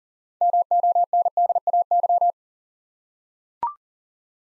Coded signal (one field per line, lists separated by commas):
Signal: Morse code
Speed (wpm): 40 wpm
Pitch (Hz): 700 Hz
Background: none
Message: MONDAY